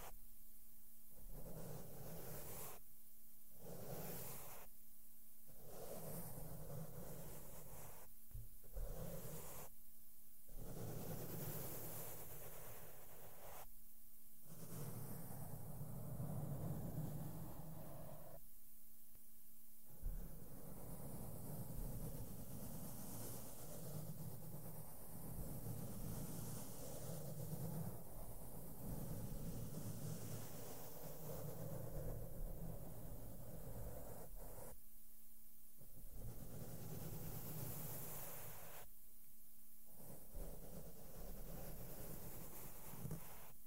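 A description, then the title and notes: Soft brushing and rubbing against a microphone fills the recording with a close, dense, rumbling hiss. Brief silent gaps break it up every few seconds early on, around 15 and 20 seconds, and again near 35 and 39 seconds. A faint steady low hum sits underneath throughout. ASMR SOFT SOUNDS WITH MAKEUP BRUSHES ON MIC AND MICROPHONE TOUCHING. NO TALKING.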